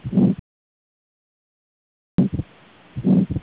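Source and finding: Heart by stethoscope. Heart sounds, pulmonary stenosis murmur.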